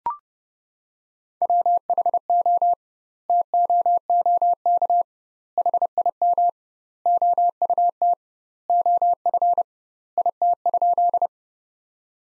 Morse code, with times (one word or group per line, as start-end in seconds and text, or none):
1.4-2.7 WHO
3.3-5.0 TOOK
5.6-6.5 HIM
7.1-8.1 OUT
8.7-9.6 OF
10.2-11.3 IT?